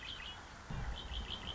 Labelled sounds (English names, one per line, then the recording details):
Red-winged Blackbird
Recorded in Sonoma County, California